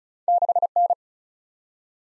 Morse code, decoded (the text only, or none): 6N